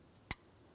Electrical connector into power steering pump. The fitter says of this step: We're listening for an audible click, a light tug to confirm everything's secured here.